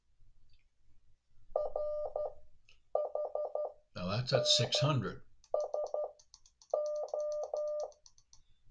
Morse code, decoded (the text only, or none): RHNSO